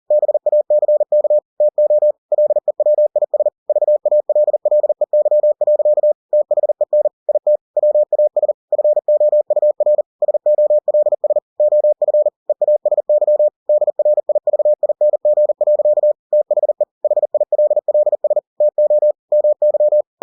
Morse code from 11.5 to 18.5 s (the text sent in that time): OF EASY DRIVING. THE HILLS